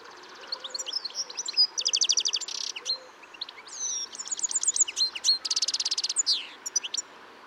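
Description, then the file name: European goldfinch twittering, a continuous jumble of liquid chirps with repeated buzzy trills, alternating tinkling and rasping phrases. "Carduelis carduelis"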